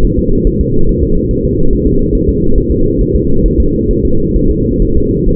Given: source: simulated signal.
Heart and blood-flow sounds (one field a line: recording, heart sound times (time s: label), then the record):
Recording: fetal heart sounds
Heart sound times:
0.05 s: S1
0.19 s: S2
0.47 s: S1
0.61 s: S2
0.89 s: S1
1.03 s: S2
1.31 s: S1
1.45 s: S2
1.73 s: S1
1.87 s: S2
2.15 s: S1
2.29 s: S2
2.58 s: S1
2.72 s: S2
3.01 s: S1
3.16 s: S2
3.46 s: S1
3.60 s: S2
3.91 s: S1
4.05 s: S2
4.36 s: S1
4.51 s: S2
4.82 s: S1
4.97 s: S2
5.29 s: S1
From the record:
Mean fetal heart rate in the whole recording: 135 bpm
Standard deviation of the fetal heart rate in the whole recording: 3 bpm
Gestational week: 36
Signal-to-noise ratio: -17.7 dB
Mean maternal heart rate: 72 bpm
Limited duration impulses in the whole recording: present